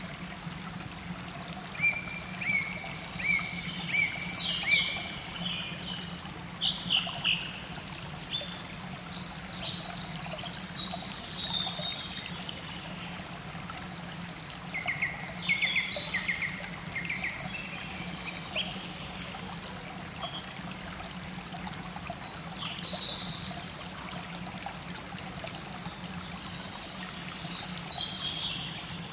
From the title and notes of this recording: Birdsong and Running Water. Each birdsong resonates as if you are wandering deep within a forest. The soothing flow of water, reminiscent of a fresh mountain spring.